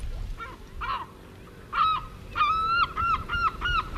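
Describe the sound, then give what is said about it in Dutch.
A lesser black-backed gull, farther off behind, gives a series of nasal, laughing calls, a few faint ones first, then louder, longer ones quickly repeated, with no voices. “Kijk, daar is die kleine mantel daarachter weer.”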